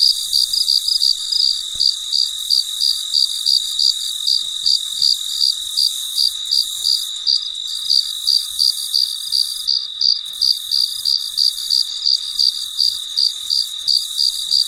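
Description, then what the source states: Cricket calling with repeated high chirps, around three per second, against a steady background of high insect trilling. Recorded late at night in very quiet surroundings.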